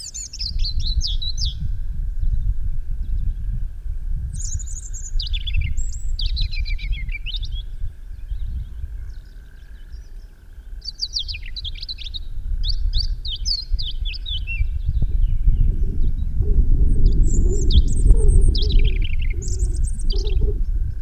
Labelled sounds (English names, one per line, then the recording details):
European Robin song
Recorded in the wild
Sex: male
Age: adult
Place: Röttenbach, Bayern, DE
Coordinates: 49.6633, 10.9539
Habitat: forest
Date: 1962-04-18
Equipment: Stellavox SM 5, Original, Vollspur, hochgestelltes Mikrofon
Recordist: Tretzel, Erwin
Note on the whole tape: Hintere Mark, Rote Marter: Rotkehlchen (Wipfelsänger)